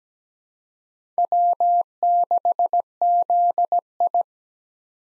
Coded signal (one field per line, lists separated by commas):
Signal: Morse code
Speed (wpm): 17 wpm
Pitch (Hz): 700 Hz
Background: none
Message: W6ZI